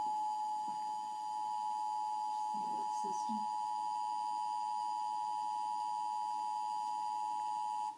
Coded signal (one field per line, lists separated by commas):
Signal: Emergency Alert System (SAME) tones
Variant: 853 and 960 Hz attention tone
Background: speech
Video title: My mom freaked out by fake EAS